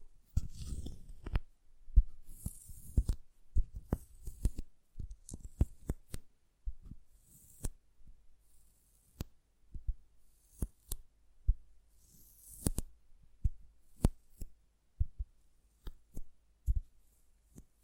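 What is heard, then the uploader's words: An assortment of tingly sounds made up of sharp taps and clicks, spaced irregularly with brief silent gaps between. Some taps carry a soft thud beneath them, and bursts of crisp, bright rustling come and go, notably near the start and around the three- and twelve-second marks. Tingly Sound Assortment.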